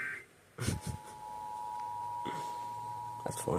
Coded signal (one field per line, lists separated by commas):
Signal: Emergency Alert System (SAME) tones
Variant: 853 and 960 Hz attention tone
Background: speech